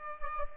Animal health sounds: mosquito wingbeat signal from an infrared sensor; Aedes aegypti

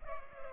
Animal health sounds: mosquito wingbeat signal from an infrared sensor; Culex pipiens

